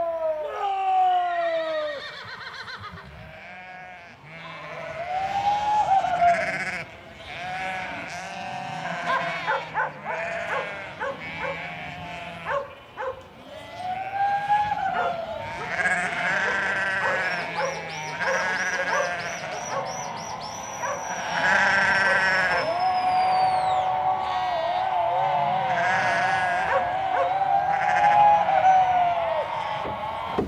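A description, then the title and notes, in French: A flock of sheep bleats almost without pause while shepherds shout to drive them across the fields. Many voices overlap, some loud, with wavering cries rising and falling and the crowd growing denser and louder toward the end. En Terre de Feu, à la pointe australe du continent américain. La plaine et la forêt s'étendent à perte de vue. Les bergers sillonnent les champs en hurlant pour pousser les moutons vers la ferme centrale. À cheval, à pied, avec leur chiens, ils avancent sur une ligne invisible, se repérant à leurs cris respectifs. Réalisation : Félix Blume.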